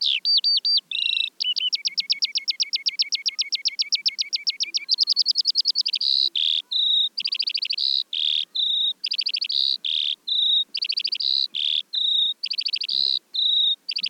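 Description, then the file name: Eurasian skylark song, long and unbroken, with a few notes and then an even rapid trill, followed by a varied run of high chirps, rattles and whistled notes repeated in quick succession. "veldleeuwerik"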